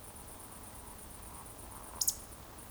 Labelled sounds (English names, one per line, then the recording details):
Eurasian Woodcock whistle
Eurasian Woodcock croak
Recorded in Baden-Württemberg, Germany, on 24 June 2020 at 20:20 UTC
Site 14569, 102 m above sea level